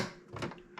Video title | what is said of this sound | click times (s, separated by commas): How to replace VES ribbon cable on a 2018 Dodge Journey Crossroads edition. | you hear that click that's the click of success | 0.4 s, 0.8 s